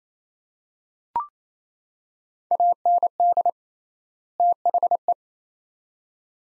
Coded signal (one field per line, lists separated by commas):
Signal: Morse code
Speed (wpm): 28 wpm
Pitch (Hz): 700 Hz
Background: none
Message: AND THE